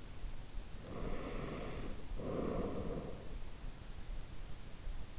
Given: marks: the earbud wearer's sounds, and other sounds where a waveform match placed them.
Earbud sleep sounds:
sounds in sleep by an in-ear microphone; breath
1.06-3.54 s: breath

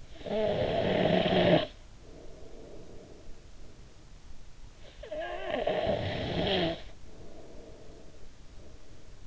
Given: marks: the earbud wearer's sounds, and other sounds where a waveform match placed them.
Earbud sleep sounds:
sounds in sleep by an in-ear microphone; snoring breath
0.16-4.14 s: snoring breath
4.37-9.27 s: snoring breath

